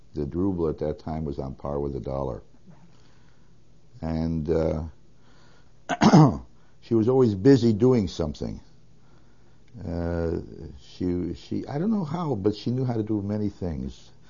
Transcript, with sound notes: The ruble, at that time, was on par with a dollar. And ( he clears his throat ) she was always busy doing something. She, I don't know how, but she knew how to do many things.